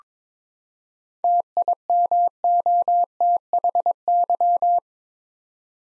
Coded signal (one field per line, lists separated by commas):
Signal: Morse code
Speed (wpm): 22 wpm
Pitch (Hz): 700 Hz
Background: none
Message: TIMOTHY